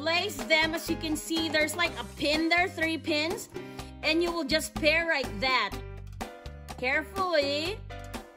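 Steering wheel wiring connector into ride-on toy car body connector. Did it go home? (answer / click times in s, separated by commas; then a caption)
no / none. Someone talks over background music while lining up the three-pin wiring connector from a steering wheel with the matching connector in the body of a Lamborghini Aventador SVJ ride-on toy car and carefully pairing them. Nothing has seated or clicked yet by the end of the clip.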